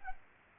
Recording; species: mosquito wingbeat signal from an infrared sensor; Culex pipiens